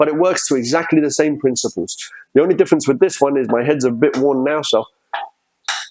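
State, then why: Seated. Someone talks while the worn filter control valve head on a water filter tank of an older water refilling machine is turned into position. A short, sharp click at 5.1 s shows the head has seated, unlike the other worn heads, which make no click.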